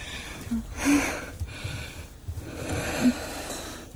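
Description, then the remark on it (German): Two slow, heavy breaths, each a long raspy rush of air with a faint wheeze, separated by a brief pause. The labored breathing is fairly quiet and no one speaks. “Und das Atmen fällt schwerer und schwerer.”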